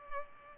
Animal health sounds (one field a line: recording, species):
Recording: mosquito wingbeat signal from an infrared sensor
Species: Culex pipiens